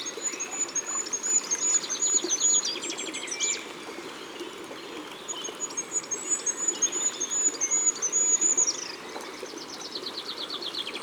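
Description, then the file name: Goldcrest song: two high, thin, wavering phrases ending in quick flourishes, then faint further high notes, over a constant background hiss like flowing water. Recorded in Ardèche, France. "Roitelet Huppe Concerts Naturels De l Ardeche"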